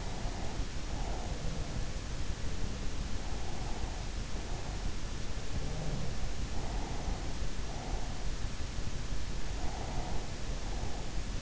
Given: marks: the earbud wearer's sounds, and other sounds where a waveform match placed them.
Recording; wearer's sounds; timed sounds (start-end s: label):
sounds in sleep by an in-ear microphone; breath
0.00-2.11 s: breath
3.08-4.99 s: breath
5.39-8.65 s: sound from someone else or the room
6.34-8.65 s: breath
9.42-11.42 s: breath